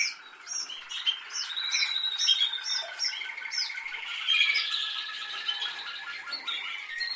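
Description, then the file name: Canary singing layered high trills and chips, with a sweeping rolled phrase rising in the middle of the passage. "Canary Voice"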